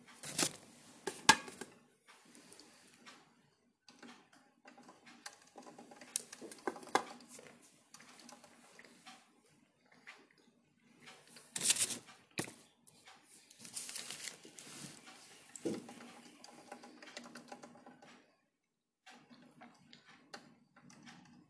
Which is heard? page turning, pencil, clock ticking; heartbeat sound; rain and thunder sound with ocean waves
page turning, pencil, clock ticking